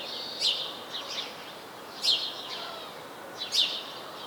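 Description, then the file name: House sparrow giving three loud, sharp chirps about a second and a half apart, with fainter notes between, against a hissy background. "Passer domesticus"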